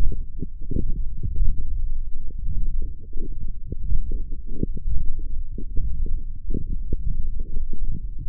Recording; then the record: forearm muscle sounds (acoustic myography)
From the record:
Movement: forearm supination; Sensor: system 1, eight BSWA MPA416 microphones around the upper forearm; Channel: 5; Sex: male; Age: 21 years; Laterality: right